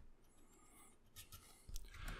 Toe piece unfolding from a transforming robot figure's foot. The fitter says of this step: on this foot right here the toe comes out and clicks into place then you take